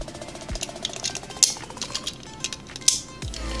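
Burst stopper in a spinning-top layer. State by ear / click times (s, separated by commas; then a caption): seated / 1.4 s, 2.9 s. A spring-loaded burst stopper with a stronger spring is pushed into a plastic spinning-top layer. Two sharp clicks at 1.4 s and 2.9 s show it seating, unlike a softer spring that gave no click. Smaller ticks and rattles come before and between them.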